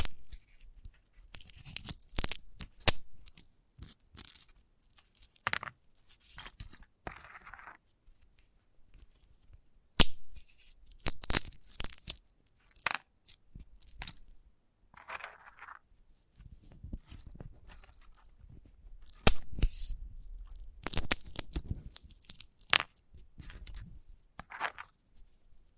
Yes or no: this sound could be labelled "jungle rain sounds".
no